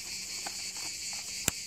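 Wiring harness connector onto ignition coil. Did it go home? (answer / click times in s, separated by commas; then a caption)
yes / 1.5 s. After the spark plugs and coils are refitted on a Peugeot 207 RC 1.6 THP, a wiring harness connector is pushed onto an ignition coil. Over a steady high-pitched hiss with a few faint soft knocks, it latches with a single sharp click at 1.5 s. The connector is seated.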